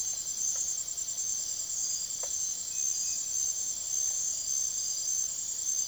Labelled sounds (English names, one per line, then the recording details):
none
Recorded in secondary vegetation near Puerto Asís, Putumayo, Colombia, on 25 June 2025 at 04:30
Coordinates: 0.489, -76.322
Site G021